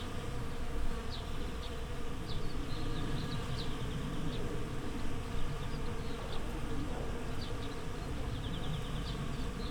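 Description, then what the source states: Bees make a dense low hum throughout, with sparse high bird chips scattered across. Bees in a flowering rapeseed field, Słoneczna 9, Siemianowice Śląskie, Poland, Saturday 18 May 2019; recorded with Zoom H5 and Audio-Technica BP4025.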